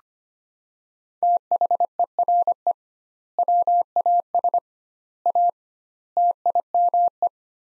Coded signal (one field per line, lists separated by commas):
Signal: Morse code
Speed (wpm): 25 wpm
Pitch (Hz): 700 Hz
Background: none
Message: THERE WAS A TIME